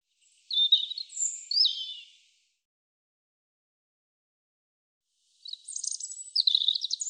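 European robin song, two high, scratchy, twittering phrases with thin whistled slides, the second cut off at the end, separated by a long quiet pause.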